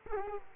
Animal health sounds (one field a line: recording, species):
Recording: mosquito wingbeat signal from an infrared sensor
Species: Culex quinquefasciatus